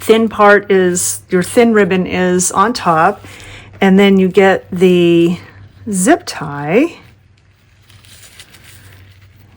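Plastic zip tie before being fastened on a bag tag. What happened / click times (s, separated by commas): A small plastic part is handled but nothing is fastened yet / none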